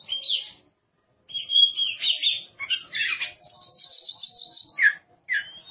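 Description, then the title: Oriental magpie-robin song: scratchy chattering phrases, then a long clear high whistle held steady for over a second, followed by a few short notes. "Suara Kicauan Burung Kacer"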